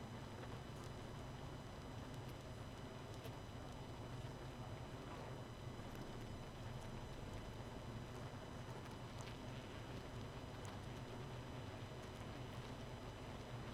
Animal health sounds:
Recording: honeybee colony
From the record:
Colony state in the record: missing queen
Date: 31 May 2018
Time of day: 23:08

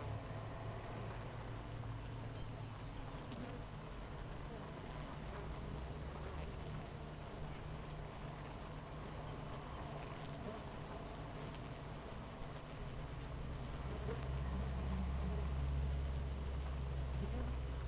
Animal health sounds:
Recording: honeybee colony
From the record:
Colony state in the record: missing queen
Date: 14 July 2017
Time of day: 8:38

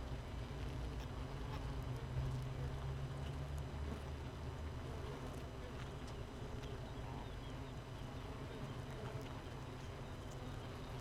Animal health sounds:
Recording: honeybee colony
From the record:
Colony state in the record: missing queen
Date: 31 May 2018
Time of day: 5:50

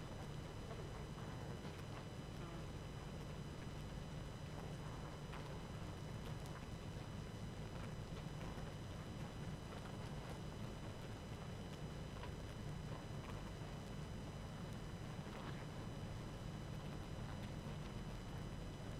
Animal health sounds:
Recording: honeybee colony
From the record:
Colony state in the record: active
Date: 12 June 2018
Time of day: 19:37

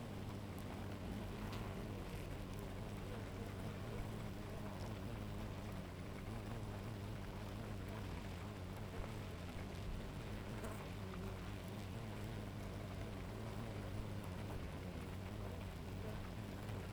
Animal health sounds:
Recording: honeybee colony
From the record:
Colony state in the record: active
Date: 28 July 2017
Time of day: 7:04

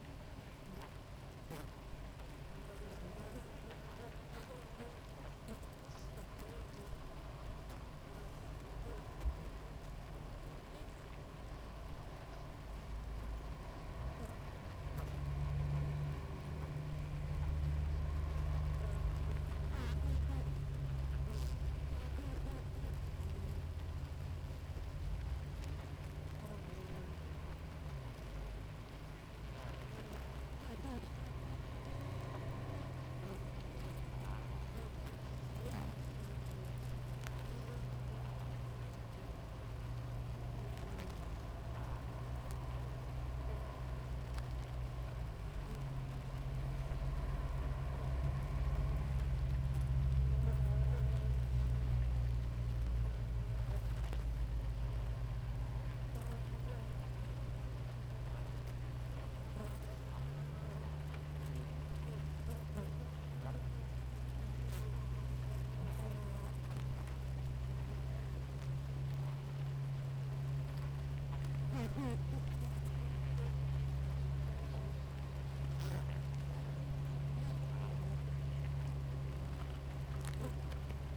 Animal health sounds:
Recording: honeybee colony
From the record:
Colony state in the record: active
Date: 28 July 2017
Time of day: 6:20

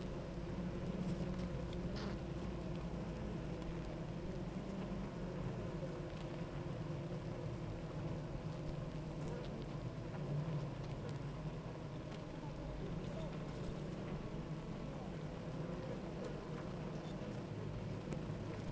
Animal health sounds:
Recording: honeybee colony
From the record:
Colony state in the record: active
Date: 28 July 2017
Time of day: 8:49

